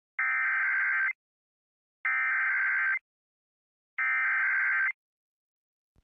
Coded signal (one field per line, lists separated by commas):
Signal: Emergency Alert System (SAME) tones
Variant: header bursts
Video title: EAS Captures: Tornado Warning for Polk and Mahnomen Counties, Minnesota